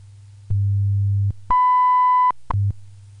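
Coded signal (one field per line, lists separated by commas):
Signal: radio time signal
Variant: WWV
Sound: low 100 Hz hum, then one steady high beep lasting under a second, then hum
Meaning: The 0.8-second 1 kHz tone marks the start of a minute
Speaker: at the tone 20 hours four minutes coordinated Universal Time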